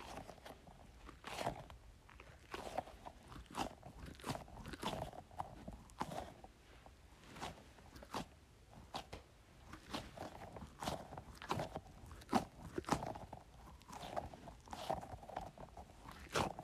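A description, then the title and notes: A squishy ball is squeezed over and over, each squeeze giving a short, crackly squish, about one to two per second with uneven spacing. Between squeezes a soft rubbery creak lingers in the mid range, and the background stays quiet. Squeezing Squishy Ball.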